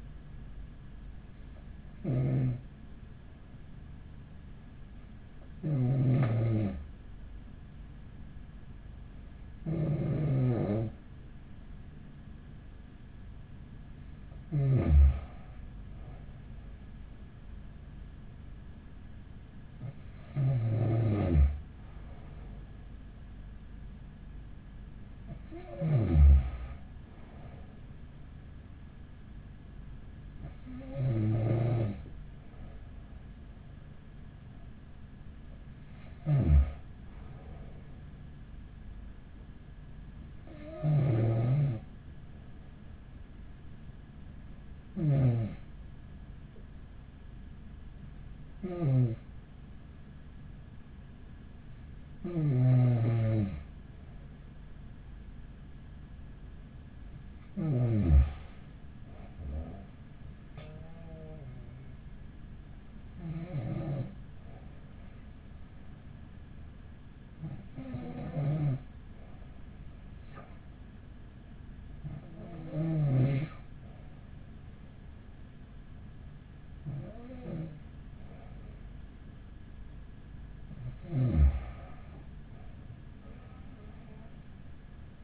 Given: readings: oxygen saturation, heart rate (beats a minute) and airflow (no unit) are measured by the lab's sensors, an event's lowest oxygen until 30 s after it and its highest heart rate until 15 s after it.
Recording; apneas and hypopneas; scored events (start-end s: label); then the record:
breathing in sleep by a smartphone at the bedside; none
none scored
From the record:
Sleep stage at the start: N2 (light sleep); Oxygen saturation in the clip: 94 to 95%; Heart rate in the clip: 42 to 46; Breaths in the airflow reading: 18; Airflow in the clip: -7.8 to 11.6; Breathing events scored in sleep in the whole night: 207 in 7.6 hours asleep